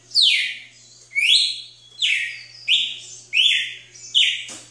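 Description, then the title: Red-cowled cardinal singing a series of bright, slurred whistles, each falling or rising sharply, about one phrase per second over a faint steady low hum. "Galo de Campina"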